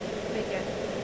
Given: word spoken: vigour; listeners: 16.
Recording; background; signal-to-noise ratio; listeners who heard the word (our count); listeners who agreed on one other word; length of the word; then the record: one English word in noise, from a listening test; speech-shaped noise; -5.9 dB; 0 of 16; 12 of 16; 0.64 s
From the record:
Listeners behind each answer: 12, 2, 1, 1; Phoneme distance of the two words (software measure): 10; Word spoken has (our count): 2 syllables, 4 phonemes, stress on syllable 1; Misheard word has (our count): 2 syllables, 4 phonemes, stress on syllable 1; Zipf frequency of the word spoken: 3.14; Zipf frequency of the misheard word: 5.02